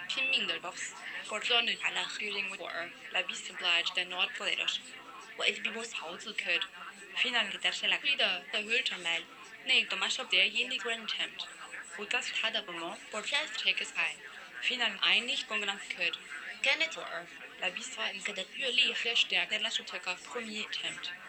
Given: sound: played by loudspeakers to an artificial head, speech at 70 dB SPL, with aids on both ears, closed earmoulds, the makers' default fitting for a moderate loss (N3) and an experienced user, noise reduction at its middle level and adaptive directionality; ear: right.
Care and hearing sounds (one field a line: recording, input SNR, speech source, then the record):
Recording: speech test signal (ISTS) in cocktail-party noise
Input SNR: -3 dB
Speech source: in front (0 degrees)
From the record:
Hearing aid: class 1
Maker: I